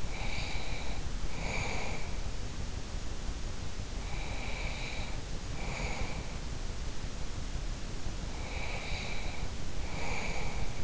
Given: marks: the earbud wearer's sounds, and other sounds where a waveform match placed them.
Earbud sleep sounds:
sounds in sleep by an in-ear microphone; breath
0.00-2.00 s: breath
4.04-6.24 s: breath
8.32-10.84 s: breath

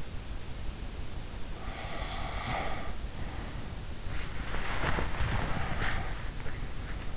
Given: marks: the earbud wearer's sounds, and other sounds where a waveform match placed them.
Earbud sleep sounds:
sounds in sleep by an in-ear microphone; snoring breath, body movement, breath
1.48-3.86 s: snoring breath
3.99-6.47 s: body movement
5.29-6.18 s: breath

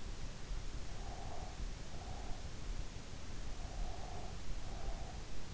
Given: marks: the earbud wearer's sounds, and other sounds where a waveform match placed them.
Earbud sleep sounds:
sounds in sleep by an in-ear microphone; breath
1.01-2.59 s: breath
3.52-5.42 s: breath

